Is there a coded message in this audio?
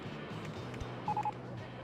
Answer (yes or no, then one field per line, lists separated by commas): no